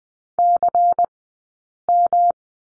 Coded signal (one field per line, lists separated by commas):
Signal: Morse code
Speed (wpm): 20 wpm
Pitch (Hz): 700 Hz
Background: none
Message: CM